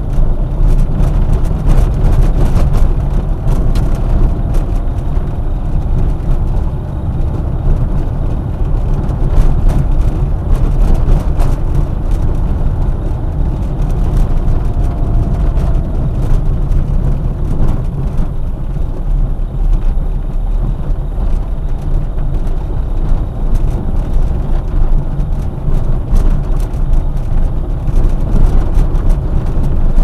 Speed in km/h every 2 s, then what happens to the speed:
26, 28, 32, 31, 29, 30, 28, 23, 15, 15, 20, 21, 21, 22, 24.
0-10 steady at about 29. 10-16 slows to 15. 16-30 speeds up to 24.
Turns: 14-18.